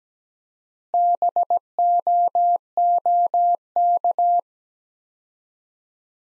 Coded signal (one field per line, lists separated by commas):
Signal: Morse code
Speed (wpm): 17 wpm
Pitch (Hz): 700 Hz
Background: none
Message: BOOK